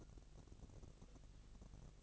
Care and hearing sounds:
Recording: daily activity, microphone in the room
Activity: take from stove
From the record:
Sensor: 4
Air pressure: 1000.1 hPa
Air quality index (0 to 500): 229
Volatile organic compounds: 30 ppm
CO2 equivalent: 2951 ppm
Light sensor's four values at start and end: 9/20/8/8 and 9/20/8/7

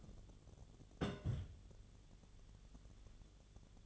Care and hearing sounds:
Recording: daily activity, microphone in the room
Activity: place on stove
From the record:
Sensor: 4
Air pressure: 1010.9 hPa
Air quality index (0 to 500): 166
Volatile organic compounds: 4 ppm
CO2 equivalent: 1694 ppm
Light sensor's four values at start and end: 41/117/47/48 and 41/117/47/48

